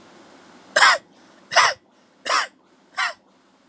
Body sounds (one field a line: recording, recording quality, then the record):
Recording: heavy voluntary cough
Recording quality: excellent, no background noise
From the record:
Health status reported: healthy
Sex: male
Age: 25 years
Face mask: not worn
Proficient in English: yes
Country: India